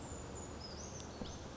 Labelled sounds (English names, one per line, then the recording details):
Brown Creeper
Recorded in Sonoma County, California